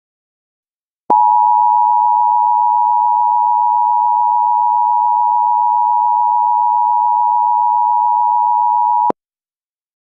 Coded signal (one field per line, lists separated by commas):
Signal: Emergency Alert System (SAME) tones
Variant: 853 and 960 Hz attention tone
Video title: EAS Halloween Scenario 2016 " Radioactive Flash Floods"